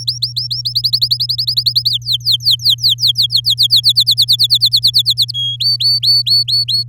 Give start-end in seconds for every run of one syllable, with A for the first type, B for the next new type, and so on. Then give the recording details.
0.00-0.61 A, 0.65-1.90 B, 1.91-3.93 C, 3.96-5.32 D, 5.34-5.56 E, 5.60-6.83 F. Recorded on 10 May 2018 at 06:26. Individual llb16